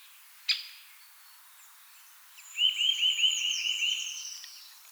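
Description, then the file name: Eurasian nuthatch giving a rapid, even trill of repeated notes lasting about two seconds, preceded by a sharp click. "Sitta europaea"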